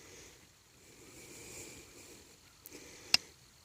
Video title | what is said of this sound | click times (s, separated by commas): Coon trapping set, works on other critters to | that little click ok now that trap is ready to go the pan is level with everything ok | 3.1 s